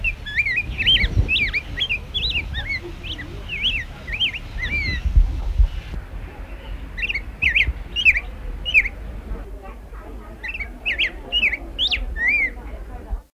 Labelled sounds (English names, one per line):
Yellow Grosbeak call